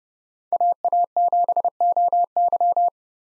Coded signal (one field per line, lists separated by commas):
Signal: Morse code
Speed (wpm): 30 wpm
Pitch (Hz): 700 Hz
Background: none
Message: AA7OY